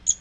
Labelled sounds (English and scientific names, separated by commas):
Magnolia Warbler (Setophaga magnolia) flight call